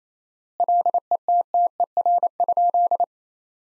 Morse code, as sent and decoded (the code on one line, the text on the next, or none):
.-.. . - - . .-. ..--..
LETTER?